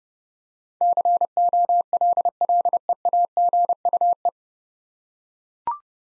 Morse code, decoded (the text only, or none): COLLEAGUE